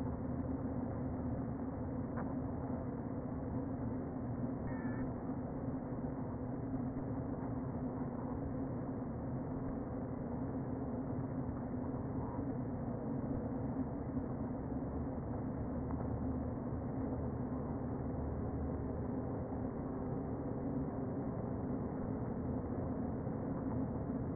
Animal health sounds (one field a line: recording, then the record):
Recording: honeybee colony, microphone inside the hive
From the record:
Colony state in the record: queen present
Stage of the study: before two queens were removed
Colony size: about 60,000 bees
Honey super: yes